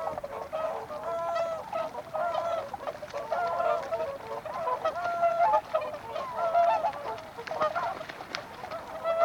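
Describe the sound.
Whooper swans calling as a flock, overlapping nasal honking notes, a busy continuous chorus of bugling calls with no pauses.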